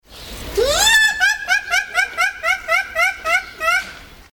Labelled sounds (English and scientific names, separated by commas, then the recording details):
Bush Dog (Speothos venaticus)
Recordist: Tembrock, Günter
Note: Bellstrophe eines Rüden